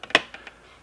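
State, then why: Released. A nut driver is slipped over the end of a plastic snap-in locking standoff holding the circuit board of a NuTone NM200 intercom master station and pushed down to free the board from its locking tab. A sharp, bright click rings out at 0.2 s, with fainter ticks before and after it. The tab clicks free, releasing the board from that standoff.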